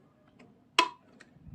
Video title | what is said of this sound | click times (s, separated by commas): Value-Top S22IFR100 21.5" 100Hz FHD IPS Monitor Unboxing and Full Review এই প্রাইজে সেরা monitor ২০২৪ | যে একটা ক্লিক সাউন্ড হয়েছে, তার মানে বুঝে নেবেন যে এটা হ্যাঁ ঠিক আছে। | 0.8 s